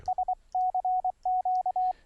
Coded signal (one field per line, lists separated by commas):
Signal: Morse code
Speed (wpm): 25 wpm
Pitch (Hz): 740 Hz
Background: radio noise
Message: SCQ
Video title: Morse Code Software - overview of some great CW apps - 2014